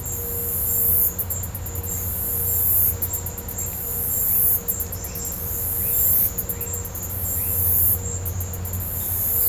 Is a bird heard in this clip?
no